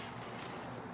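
An electrical wiring connector is being handled and plugged back into the throttle body sensor of a 1997–2003 Ford F-150 4.6L V8. Only steady, even broadband noise is heard, with no distinct hits. Nothing has seated or clicked yet.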